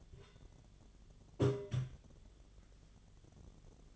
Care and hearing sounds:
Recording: daily activity, microphone in the room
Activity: take from stove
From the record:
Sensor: 4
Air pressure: 1010.9 hPa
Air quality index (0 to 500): 166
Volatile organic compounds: 4 ppm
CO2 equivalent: 1698 ppm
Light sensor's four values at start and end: 40/114/46/47 and 39/113/45/46

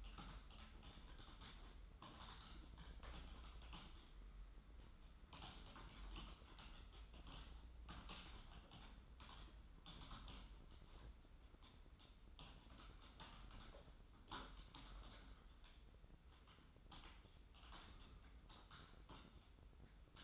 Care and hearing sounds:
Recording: daily activity, microphone in the room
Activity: typing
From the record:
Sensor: 3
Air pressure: 994.4 hPa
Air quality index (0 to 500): 205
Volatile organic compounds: 1000 ppm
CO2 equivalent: 6802 ppm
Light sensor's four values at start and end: 84/196/81/78 and 83/195/81/77

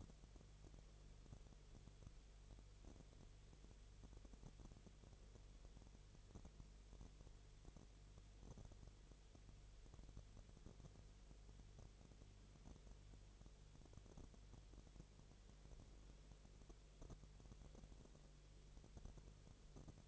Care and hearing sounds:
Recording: daily activity, microphone in the room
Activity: no activity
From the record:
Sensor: 4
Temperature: 22.4 degrees Celsius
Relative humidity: 30.9%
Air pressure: 1004.1 hPa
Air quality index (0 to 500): 87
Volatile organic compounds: 1 ppm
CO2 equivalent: 783 ppm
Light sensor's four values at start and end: 2/3/1/1 and 2/3/1/1

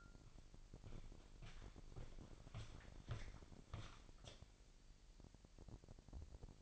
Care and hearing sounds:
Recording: daily activity, microphone in the room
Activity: walk to room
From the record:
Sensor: 5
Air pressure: 1002.1 hPa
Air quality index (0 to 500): 249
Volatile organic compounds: 8 ppm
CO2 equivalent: 2101 ppm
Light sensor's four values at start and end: 25/59/24/26 and 25/57/24/25

